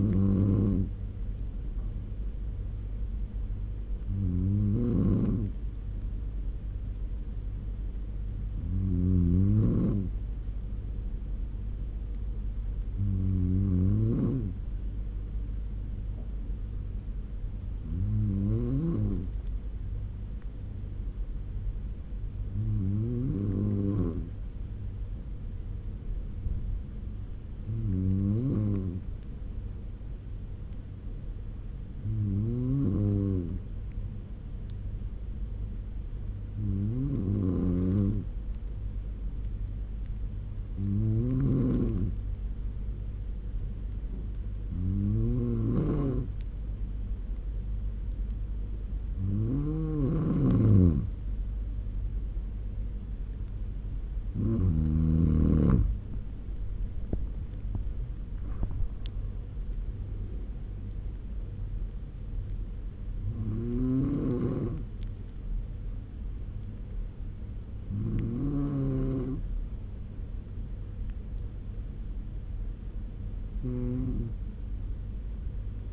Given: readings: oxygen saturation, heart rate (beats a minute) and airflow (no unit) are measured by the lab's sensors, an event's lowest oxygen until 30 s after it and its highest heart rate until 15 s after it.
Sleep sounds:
breathing in sleep by a smartphone at the bedside; none
56.00-75.93 s: new sleep stage, N1 (lightest sleep)
From the record:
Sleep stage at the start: N2 (light sleep); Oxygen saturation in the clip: 93 to 96%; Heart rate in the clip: 70 to 88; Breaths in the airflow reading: 17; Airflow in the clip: -8.1 to 7.9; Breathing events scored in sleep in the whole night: 201 in 6.5 hours asleep

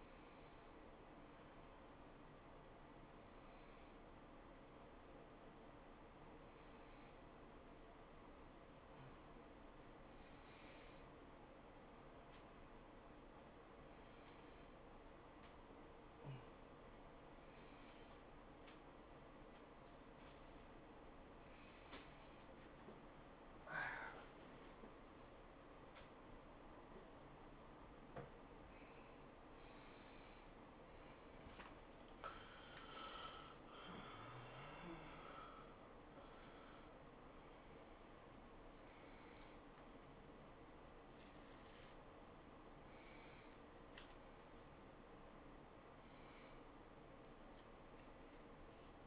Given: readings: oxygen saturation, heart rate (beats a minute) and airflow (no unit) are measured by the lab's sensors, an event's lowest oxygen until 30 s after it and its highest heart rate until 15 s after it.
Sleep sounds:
a person awake in a sleep study, by a voice recorder at the bedside; none
0.00-49.07 s: awake
From the record:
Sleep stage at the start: awake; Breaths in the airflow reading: 14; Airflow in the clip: -0.9 to 0.6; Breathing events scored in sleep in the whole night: 403 in 5.5 hours asleep

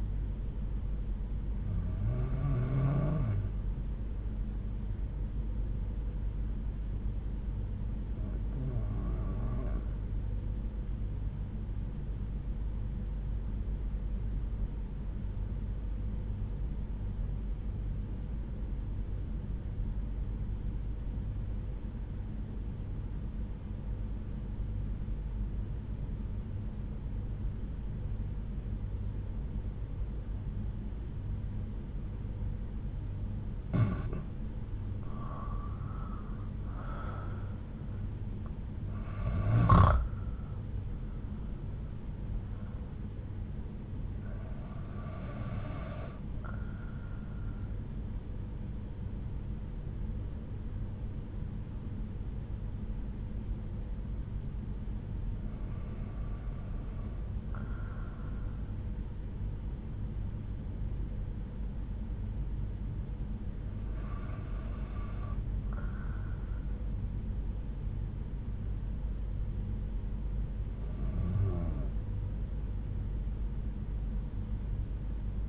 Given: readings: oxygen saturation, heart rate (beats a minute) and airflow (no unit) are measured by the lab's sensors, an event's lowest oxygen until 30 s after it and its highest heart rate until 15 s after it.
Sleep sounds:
breathing in sleep by a smartphone at the bedside; 1
10.00-32.30 s: obstructive apnea (REM, oxygen 95% highest, then 82% lowest)
From the record:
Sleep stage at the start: REM sleep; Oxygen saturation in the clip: 82 to 95%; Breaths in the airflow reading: 9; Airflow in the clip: -9.6 to 8.2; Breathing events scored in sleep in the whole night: 368 in 8.0 hours asleep

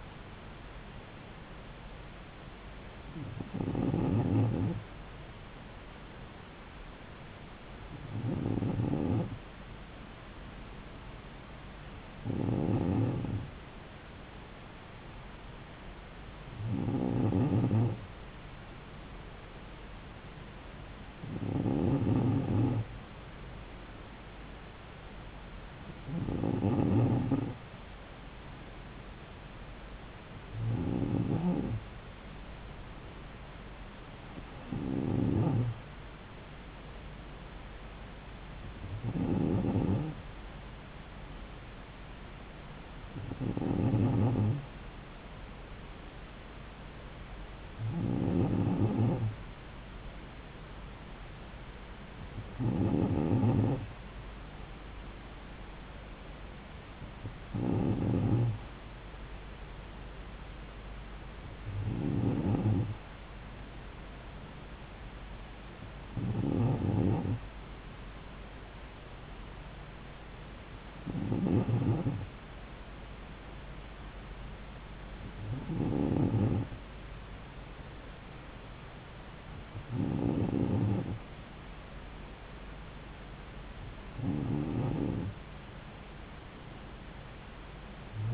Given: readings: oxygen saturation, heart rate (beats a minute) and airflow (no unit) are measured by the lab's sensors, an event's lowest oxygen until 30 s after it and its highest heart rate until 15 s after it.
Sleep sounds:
breathing in sleep by a voice recorder at the bedside; none
none scored
From the record:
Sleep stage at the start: N2 (light sleep); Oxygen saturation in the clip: 94%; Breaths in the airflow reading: 19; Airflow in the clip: -3.4 to 3.3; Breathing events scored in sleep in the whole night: 270 in 6.1 hours asleep

